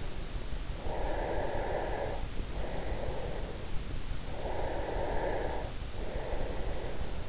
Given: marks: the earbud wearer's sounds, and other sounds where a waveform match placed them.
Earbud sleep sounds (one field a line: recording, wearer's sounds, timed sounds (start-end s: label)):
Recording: sounds in sleep by an in-ear microphone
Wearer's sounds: breath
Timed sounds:
0.63-3.93 s: breath
4.08-7.28 s: breath